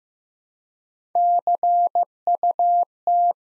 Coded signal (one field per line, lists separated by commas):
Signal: Morse code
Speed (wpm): 15 wpm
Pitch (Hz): 700 Hz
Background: none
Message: CUT